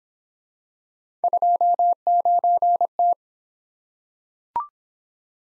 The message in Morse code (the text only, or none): 29T